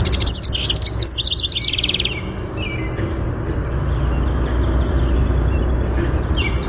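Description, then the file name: House wren singing a fast, jumbled cascade of trilled and chattery notes for two seconds, then only faint notes over low background rumble. "HOWR song"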